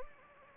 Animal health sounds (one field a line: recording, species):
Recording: mosquito wingbeat signal from an infrared sensor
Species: Anopheles gambiae